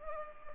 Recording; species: mosquito wingbeat signal from an infrared sensor; Culex pipiens